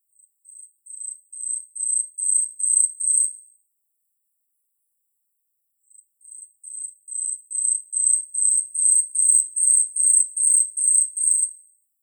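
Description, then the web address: Asian stubtail song, a very high thin insect-like series of notes growing steadily louder, given twice with a pause between, in otherwise silent background. "yabusame"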